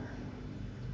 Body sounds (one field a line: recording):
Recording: background sound without coughing